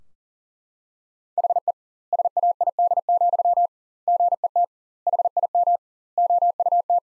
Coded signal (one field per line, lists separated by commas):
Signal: Morse code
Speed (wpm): 37 wpm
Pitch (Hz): 700 Hz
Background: none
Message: HE SAID, GET HIM OUT